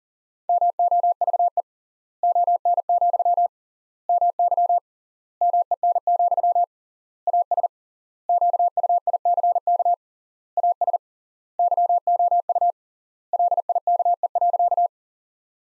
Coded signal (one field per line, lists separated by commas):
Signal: Morse code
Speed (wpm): 40 wpm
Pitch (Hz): 700 Hz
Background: none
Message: MOVE ON, MY MEN, AS QUICK AS YOU LIKE.